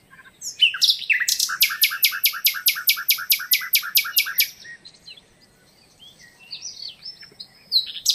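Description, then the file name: Common nightingale song with a long, fast, evenly repeated series of loud sharp notes, then quieter varied twitters and a final bright note. "Luscinia megarhynchos"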